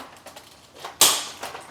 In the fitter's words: And once you hear it snap, you know it's good to go and stays in place.